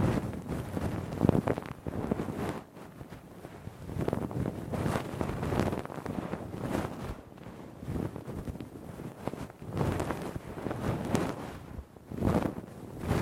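Deep ear cleaning with a Q-tip and ear pick, heard as rough, rumbling scrapes and rubs that swell and fade in bursts every second or two. The scraping is dense and mostly low, with brighter crackly edges on the strongest strokes, around one, five and twelve seconds.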